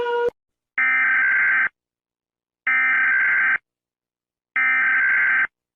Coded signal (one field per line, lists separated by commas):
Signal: Emergency Alert System (SAME) tones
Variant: header bursts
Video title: EAS Alarms in different Countries (Part 1 + 2 + 3)